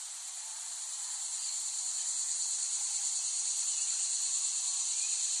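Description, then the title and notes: Cicadas in a continuous high buzzing chorus, steady and dense, slowly swelling in loudness, with a faint pulsing texture throughout. Cicadas recorded in West Brighton, Staten Island, late summer 2008. "Recording of cicadas made by Dan Bodah in West Brighton, Staten Island, late summer 2008."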